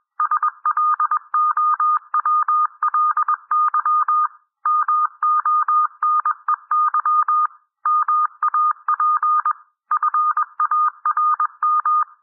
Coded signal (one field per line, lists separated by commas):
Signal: Morse code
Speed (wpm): 21 wpm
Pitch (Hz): 1220 Hz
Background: none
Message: SLOWLY MONEY MAP FARM